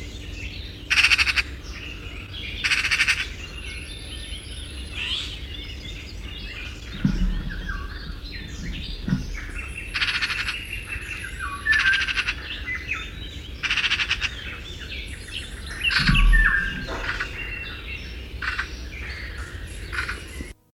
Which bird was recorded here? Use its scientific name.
Pica pica